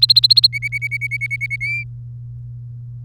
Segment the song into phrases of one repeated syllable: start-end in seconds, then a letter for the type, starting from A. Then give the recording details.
0.02-0.47 A, 0.53-1.56 B, 1.61-1.83 C. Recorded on 3 May 2018 at 08:09. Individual llb3